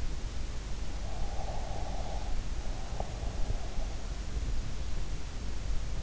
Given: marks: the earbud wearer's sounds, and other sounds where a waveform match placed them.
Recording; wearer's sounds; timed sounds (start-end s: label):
sounds in sleep by an in-ear microphone; breath
1.26-3.38 s: breath